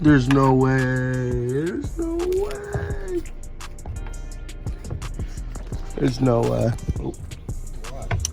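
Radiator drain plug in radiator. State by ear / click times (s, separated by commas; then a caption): stripped / 8.1 s, 8.2 s. Someone talks while trying to turn the plastic radiator drain plug in the radiator of an Infiniti G35 / Nissan 350Z to drain the coolant. Sharp snaps at 8.1 s and 8.3 s mark the head slipping, and the drain plug is stripped.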